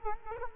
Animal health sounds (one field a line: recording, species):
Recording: mosquito wingbeat signal from an infrared sensor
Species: Culex quinquefasciatus